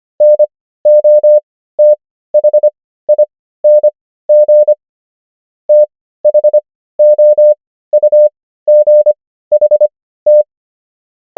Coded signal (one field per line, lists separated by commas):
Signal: Morse code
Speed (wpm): 25 wpm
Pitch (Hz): 600 Hz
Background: none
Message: NOTHING THOUGHT